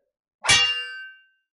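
A single sharp metallic clang as a blood-red shard strikes the neck of a metal robot, throwing sparks. It has a bright, ringing high-pitched tone that decays over about a second, loud and alone with no voices.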